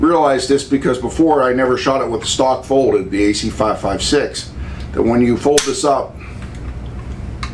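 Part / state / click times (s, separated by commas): folding rifle stock into its folded lock on the receiver / seated / 7.4 s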